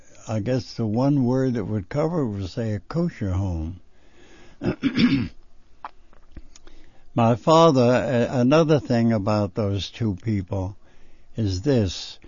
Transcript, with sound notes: I guess the one word that would cover was, say, a Kosher home. ( he clears his throat ) My father, another thing about those two people is this.